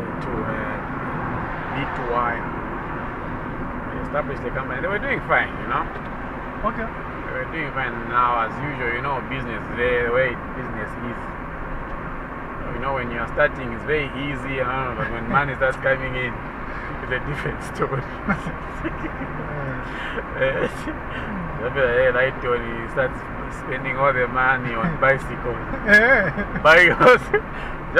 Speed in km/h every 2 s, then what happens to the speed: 59, 61, 60, 60, 61, 63, 63, 65, 66, 66, 65, 67, 66, 65.
0-28 steady at about 63.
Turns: none.